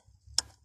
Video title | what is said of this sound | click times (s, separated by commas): Cómo sacar la bomba de gasolina: mantenimiento, limpieza o reparación | si se escucha un clic | 0.4 s